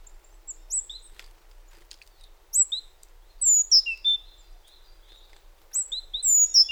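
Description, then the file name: Great tit calls: sharp, high, downslurred notes given singly and in short bursts of two or three, with quiet pauses between and faint low background rumble. "Parus major"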